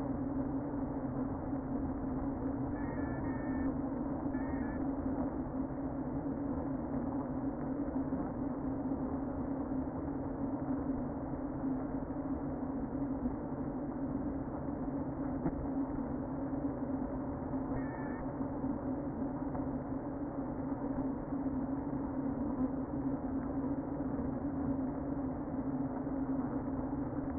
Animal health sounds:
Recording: honeybee colony, microphone inside the hive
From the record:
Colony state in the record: queen present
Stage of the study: before two queens were removed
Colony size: about 60,000 bees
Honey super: yes

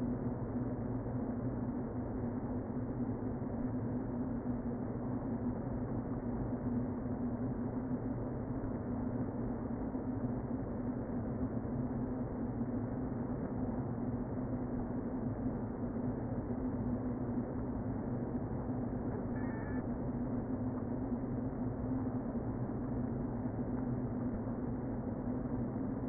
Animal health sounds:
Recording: honeybee colony, microphone inside the hive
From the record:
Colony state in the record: queen present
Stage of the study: before two queens were removed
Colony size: about 60,000 bees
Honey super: yes

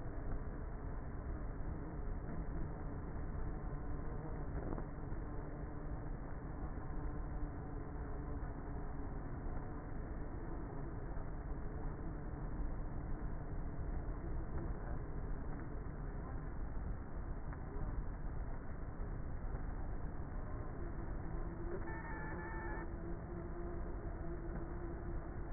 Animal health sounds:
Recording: honeybee colony, microphone inside the hive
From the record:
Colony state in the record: queenless with a low population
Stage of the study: before two queens were removed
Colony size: about 30,000 bees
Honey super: no

